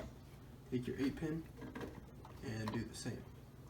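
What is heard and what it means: An 8-pin CPU power connector is handled and lined up to be pushed into the motherboard header the same way as before, while someone talks. Faint handling noises are heard under the talking, with brief taps near 1.8 and 2.3 seconds. Nothing has seated or clicked yet.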